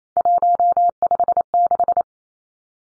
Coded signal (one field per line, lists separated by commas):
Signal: Morse code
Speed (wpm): 28 wpm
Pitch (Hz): 700 Hz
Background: none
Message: 156